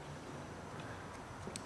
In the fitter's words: okay it just clicked into place now you can see that the